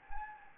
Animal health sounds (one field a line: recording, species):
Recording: mosquito wingbeat signal from an infrared sensor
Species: Anopheles gambiae